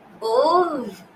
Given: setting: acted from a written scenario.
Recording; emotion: vocal sound without words; disappointment